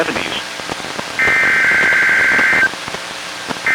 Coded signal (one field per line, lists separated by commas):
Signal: Emergency Alert System (SAME) tones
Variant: header bursts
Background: speech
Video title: EAS #550: NWR Required Weekly Test- Sep. 1, 2021- 12:00PM PDT